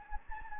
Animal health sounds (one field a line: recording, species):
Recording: mosquito wingbeat signal from an infrared sensor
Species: Anopheles gambiae